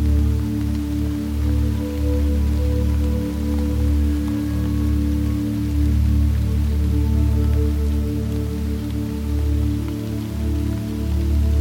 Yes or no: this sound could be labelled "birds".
no